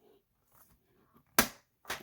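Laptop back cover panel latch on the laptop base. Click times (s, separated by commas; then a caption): 1.4 s. With its single screw already removed, a laptop's plastic back cover panel on the laptop base is pressed down and pulled back, and its latch releases with a sharp click at 1.4 s. A second, quieter sound follows at about 1.9 s, after faint low rustling earlier on. The panel latch is released.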